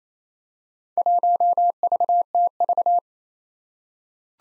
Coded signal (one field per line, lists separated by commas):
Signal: Morse code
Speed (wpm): 27 wpm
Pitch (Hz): 700 Hz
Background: none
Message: 1VTV